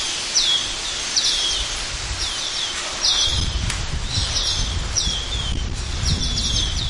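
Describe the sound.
Asian glossy starling calls: bright, metallic, slightly buzzy notes repeated roughly every second over steady hiss and rustling low rumble.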